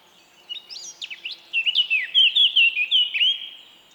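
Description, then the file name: Eurasian blackcap song: a quiet scratchy warble that breaks into a run of loud, clear fluted whistles, lasting about three seconds. "Sylvia atricapilla"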